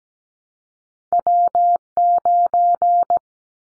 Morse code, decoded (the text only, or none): W9